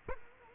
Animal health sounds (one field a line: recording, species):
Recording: mosquito wingbeat signal from an infrared sensor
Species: Culex quinquefasciatus